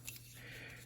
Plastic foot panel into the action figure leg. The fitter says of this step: and you can fold this back into place and it snaps right in